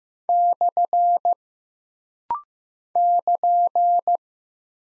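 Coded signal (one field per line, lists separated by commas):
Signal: Morse code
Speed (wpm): 15 wpm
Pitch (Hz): 700 Hz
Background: none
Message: / <KN>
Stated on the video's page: Rapid-fire Morse drill of punctuation and prosign characters at 15 wpm for instant character recognition, each sent, spoken, then sent again.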